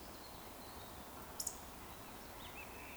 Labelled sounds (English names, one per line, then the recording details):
Eurasian Woodcock whistle
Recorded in Baden-Württemberg, Germany, on 11 June 2020 at 19:55 UTC
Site 14569, 102 m above sea level